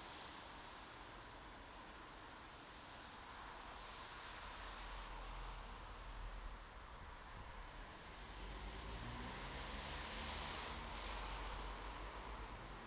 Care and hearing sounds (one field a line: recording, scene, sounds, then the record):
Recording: everyday scene through a hearing-aid microphone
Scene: in traffic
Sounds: traffic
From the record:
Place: bus stop on a city main road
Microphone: in the ear canal, right